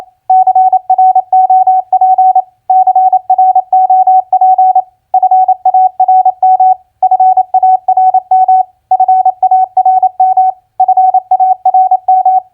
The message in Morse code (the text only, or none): CROP CROP FARM FARM FARM FARM